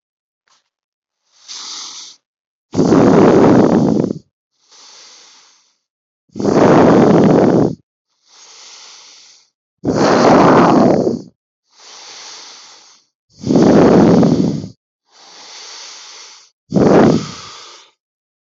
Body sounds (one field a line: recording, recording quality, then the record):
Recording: deep breathing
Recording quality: excellent, no background noise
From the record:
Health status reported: COVID-19 positive, mild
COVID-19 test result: positive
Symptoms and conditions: cough, fever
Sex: male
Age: 45 years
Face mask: worn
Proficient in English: yes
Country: India